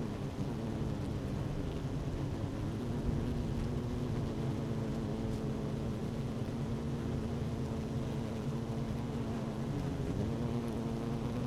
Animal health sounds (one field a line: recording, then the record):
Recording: honeybee colony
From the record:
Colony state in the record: active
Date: 12 June 2018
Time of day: 11:41